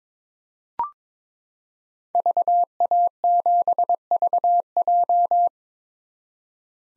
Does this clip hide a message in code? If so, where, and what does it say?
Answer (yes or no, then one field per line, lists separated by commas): yes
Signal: Morse code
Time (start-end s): 2.1-5.5 s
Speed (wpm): 21 wpm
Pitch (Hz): 700 Hz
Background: none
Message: VA7VJ